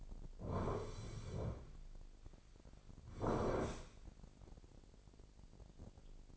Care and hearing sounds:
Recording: daily activity, microphone in the room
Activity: sit down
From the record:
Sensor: 5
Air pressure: 1009.4 hPa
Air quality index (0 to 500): 154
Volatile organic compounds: 2 ppm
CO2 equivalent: 1188 ppm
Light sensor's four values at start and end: 256/613/260/284 and 255/611/260/283

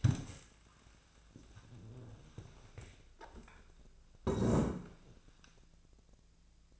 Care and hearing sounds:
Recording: daily activity, microphone in the room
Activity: stand up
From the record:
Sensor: 2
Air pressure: 1000.3 hPa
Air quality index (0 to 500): 157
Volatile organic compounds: 2 ppm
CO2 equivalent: 1312 ppm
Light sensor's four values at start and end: 9/21/9/9 and 8/17/8/9

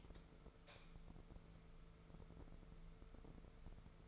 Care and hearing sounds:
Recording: daily activity, microphone in the room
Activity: light on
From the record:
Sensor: 5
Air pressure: 1014.6 hPa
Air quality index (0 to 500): 153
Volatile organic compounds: 4 ppm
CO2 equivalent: 1679 ppm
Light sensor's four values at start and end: 67/161/65/69 and 68/165/67/70

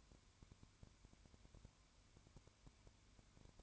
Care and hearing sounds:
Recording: daily activity, microphone in the room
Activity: no activity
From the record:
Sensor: 2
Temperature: 20.0 degrees Celsius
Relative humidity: 32.0%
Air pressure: 1001.2 hPa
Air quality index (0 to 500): 55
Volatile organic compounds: 1 ppm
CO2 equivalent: 604 ppm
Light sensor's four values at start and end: 2/3/2/2 and 2/3/2/2

